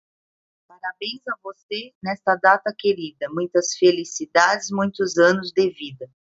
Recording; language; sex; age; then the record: short text; Brazilian Portuguese; female; 40 to 49 years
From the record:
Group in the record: control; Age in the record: 48 years